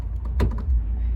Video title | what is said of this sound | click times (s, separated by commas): How To Open Hood on 2011 Ford Focus - The DIY Guide - Ep 167 | you should hear a pop when you pull it. | 0.4 s